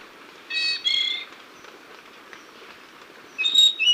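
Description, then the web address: Spotted Nightingale-Thrush song: a short clear whistled phrase of two or three notes, then quiet, then another brief fluty phrase near the end, over soft hiss. Recorded in Ecuador. "S America Birds of Ecuador. Spotted Nightingale-Thrush"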